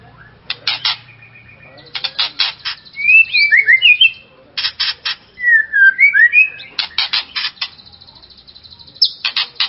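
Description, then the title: White-rumped shama song: repeated harsh chattering bursts alternating with fluty, slurred whistled phrases, delivered energetically over about ten seconds. "murai batu"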